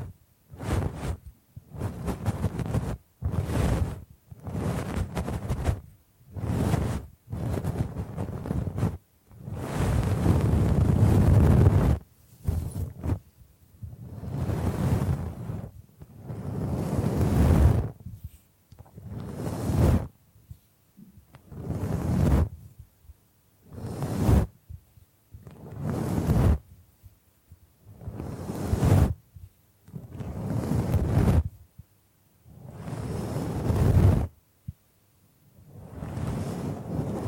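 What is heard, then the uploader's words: Bamboo being scratched and brushed in a series of bursts, each lasting one to three seconds, with short silent gaps between. The strokes are rough and grainy, with low body and hissy tops, and a few longer, louder passes around ten to eighteen seconds. Bamboo Tapping, Scratching and Brushing Sounds.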